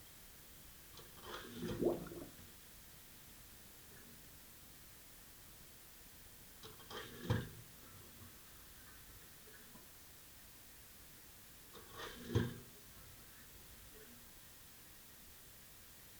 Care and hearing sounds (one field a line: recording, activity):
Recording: daily activity, guitar pickup as the sensor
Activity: flush